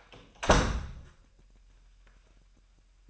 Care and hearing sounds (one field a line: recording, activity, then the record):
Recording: daily activity, microphone in the room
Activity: close door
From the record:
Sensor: 2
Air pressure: 998.3 hPa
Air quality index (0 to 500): 139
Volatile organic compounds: 4 ppm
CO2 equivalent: 1569 ppm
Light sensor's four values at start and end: 12/35/14/14 and 12/35/14/14